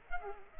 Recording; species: mosquito wingbeat signal from an infrared sensor; Culex pipiens